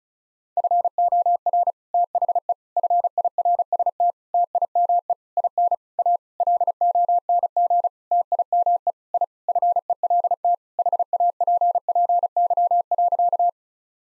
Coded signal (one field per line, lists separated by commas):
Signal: Morse code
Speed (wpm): 36 wpm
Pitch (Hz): 700 Hz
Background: none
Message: FOR THE FIRST TIME IN A LONG TIME I FELT HAPPY.